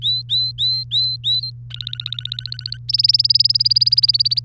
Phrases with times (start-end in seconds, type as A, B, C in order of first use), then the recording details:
0.02-1.51 A, 1.70-2.77 B, 2.88-4.40 C. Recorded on 3 May 2018 at 09:55. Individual llb3